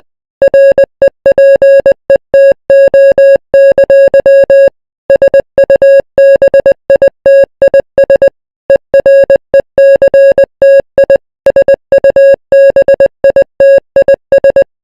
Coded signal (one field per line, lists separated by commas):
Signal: Morse code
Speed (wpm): 20 wpm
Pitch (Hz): 550 Hz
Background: music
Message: REPETO! SUBITIS ERECTI SUBITIS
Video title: Baja California EAS Alarm